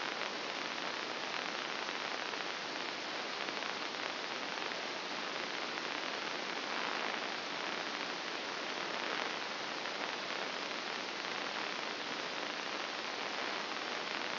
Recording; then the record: brain microelectrode recording played as sound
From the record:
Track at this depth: inside the subthalamic nucleus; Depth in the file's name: 4.863 mm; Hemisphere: left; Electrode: 2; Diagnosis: Parkinson's disease